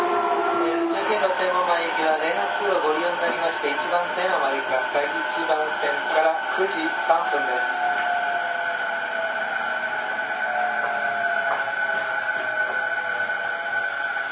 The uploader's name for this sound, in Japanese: 都営10-300形(3次車) 新線新宿〜高尾山口